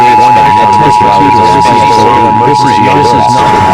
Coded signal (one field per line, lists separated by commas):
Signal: Emergency Alert System (SAME) tones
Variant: 853 and 960 Hz attention tone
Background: speech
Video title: USA EAS Alarm Eightparsion 2 (Final)